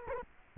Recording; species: mosquito wingbeat signal from an infrared sensor; Culex quinquefasciatus